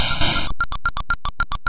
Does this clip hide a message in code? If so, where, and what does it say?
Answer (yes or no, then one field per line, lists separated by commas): no